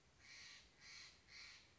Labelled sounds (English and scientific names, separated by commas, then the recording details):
Steller's Jay (Cyanocitta stelleri)
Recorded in Sonoma County, California